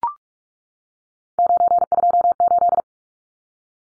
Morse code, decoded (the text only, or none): 928